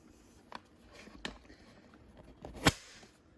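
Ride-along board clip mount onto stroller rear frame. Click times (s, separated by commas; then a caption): 1.2 s, 2.7 s. A plastic clip mount on the second side of an Uppababy VISTA PiggyBack ride-along board is pushed onto the stroller's rear frame, with light rustling and faint taps. Sharp snaps at 1.2 s and 2.7 s, the second one loudest, confirm the clip has snapped in and the board is seated.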